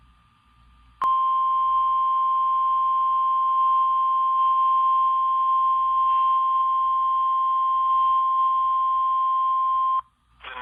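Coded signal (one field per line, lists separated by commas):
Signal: Emergency Alert System (SAME) tones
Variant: 1050 Hz attention tone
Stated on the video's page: Severe Thunderstorm Warning issued by a National Weather Service office.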